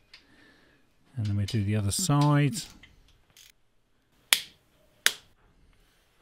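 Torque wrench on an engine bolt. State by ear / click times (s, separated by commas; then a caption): torque reached / 4.3 s, 5.1 s. Someone talks while a 28 Nm torque wrench is used on a bolt on the second side of a Mini One R50/R53 Tritec engine during a timing chain replacement with a new chain and tensioner. The wrench gives two sharp, loud clicks at 4.3 s and 5.1 s, confirming the bolt has reached torque.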